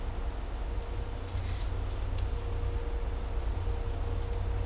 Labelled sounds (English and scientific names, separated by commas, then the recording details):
none
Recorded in dense forest near Puerto Asís, Putumayo, Colombia, on 16 December 2024 at 11:00
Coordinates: 0.503, -76.323
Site G043